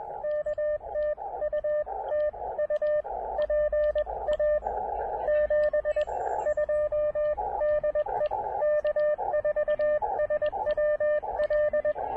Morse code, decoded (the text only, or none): K TU TU PA 72 DE K4SWL